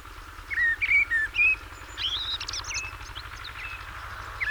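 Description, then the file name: Common blackbird gives one rich whistled phrase that breaks into a high scratchy, squeaky flourish, then quieter twittering trails off; steady background hum. "Turdus merula"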